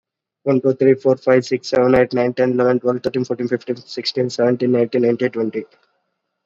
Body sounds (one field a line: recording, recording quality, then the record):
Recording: counting at a fast pace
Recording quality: excellent, no background noise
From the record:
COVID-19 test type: RT-PCR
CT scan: not taken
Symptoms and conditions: cough, sore throat, fever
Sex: male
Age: 20 years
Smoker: no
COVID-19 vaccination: both doses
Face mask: worn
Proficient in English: yes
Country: India